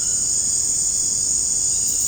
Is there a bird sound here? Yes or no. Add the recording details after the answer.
no. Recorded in dense forest near Puerto Asís, Putumayo, Colombia, on 29 June 2025 at 18:30. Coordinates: 0.486, -76.317. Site G065